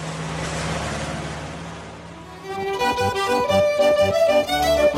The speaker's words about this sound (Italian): Unico rumore esterno è infatti questo abbaiare di un cane, e di tanto in tanto si sente anche il motore di un camion che scarica il cippato o di un trattore che questo cippato lo sposta.